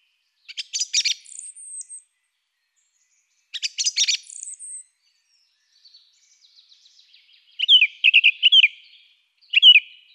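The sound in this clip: Song thrush delivering a scratchy chattering phrase twice, faint thin notes, then fluty whistled notes repeated in quick succession.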